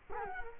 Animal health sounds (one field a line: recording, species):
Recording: mosquito wingbeat signal from an infrared sensor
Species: Culex quinquefasciatus